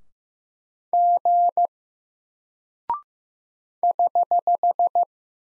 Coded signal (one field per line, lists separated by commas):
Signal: Morse code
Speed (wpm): 15 wpm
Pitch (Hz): 700 Hz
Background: none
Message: G <HH>